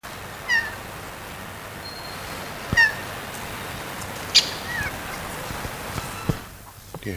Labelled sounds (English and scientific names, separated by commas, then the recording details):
Hawaiian Goose (Branta sandvicensis) call, Cape Barren Goose (Cereopsis novaehollandiae)
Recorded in captivity
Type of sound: call
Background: Cereopsis novaehollandiae
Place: Zoo Rostock, Mecklenburg-Vorpommern, DE
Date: 1984-02-02 14:30
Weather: overcast, 2°C
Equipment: Nagra SN, Kopie Uher 4000 Report Monitor
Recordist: Tembrock, Günter
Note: Hawaiigans: Rufe. Im Hintergrund Hühnergans